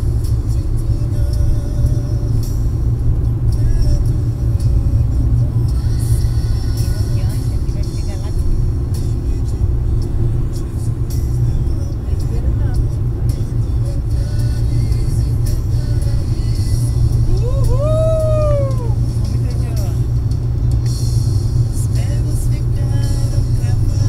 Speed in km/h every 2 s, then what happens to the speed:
96, 98, 100, 100, 99, 99, 99, 99, 101, 102, 103, 103.
0-24 steady at about 99.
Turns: none.